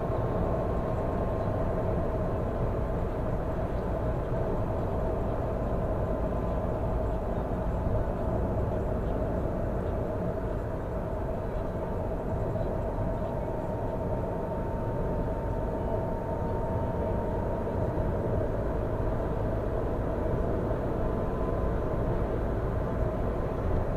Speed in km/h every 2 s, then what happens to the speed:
102, 101, 98, 97, 92, 89, 88, 87, 86, 91, 95, 99.
0-13 slows to 87. 13-24 speeds up to 99.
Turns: none.